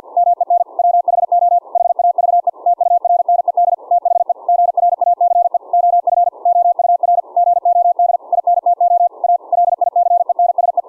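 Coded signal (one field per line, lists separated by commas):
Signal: Morse code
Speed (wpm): 50 wpm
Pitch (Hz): 700 Hz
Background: none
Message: MEN WHO HAVE TURNED THE GRACE OF OUR GOD INTO A LICENSE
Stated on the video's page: CW sent from a CW keyboard, keying a rig through an audio-derived keying circuit on a breadboard, in a test of keying at different audio volumes.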